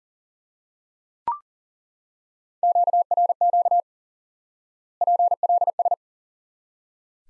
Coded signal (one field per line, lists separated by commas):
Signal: Morse code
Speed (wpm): 40 wpm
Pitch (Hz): 700 Hz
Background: none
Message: QRQ PLS